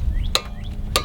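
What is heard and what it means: A torque wrench is tightened on a wheel lug nut until it reaches its setting, with a soft rising ratcheting sound before each click. The wrench clicks over sharply at 0.4 s and again at 1.0 s, confirming the set torque has been reached.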